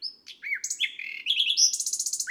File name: Rossignol philomele